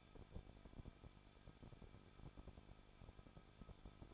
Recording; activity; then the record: daily activity, microphone in the room; no activity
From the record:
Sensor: 5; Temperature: 20.8 degrees Celsius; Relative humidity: 38.6%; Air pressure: 1006.4 hPa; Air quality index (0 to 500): 192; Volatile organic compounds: 21 ppm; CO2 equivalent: 2712 ppm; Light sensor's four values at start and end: 2/3/1/1 and 2/3/1/1